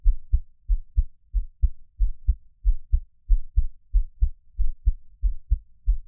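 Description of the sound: A normal adult heartbeat heard close up, regular lub-dub beats at about 90 per minute, low-pitched with no other sounds and no talking.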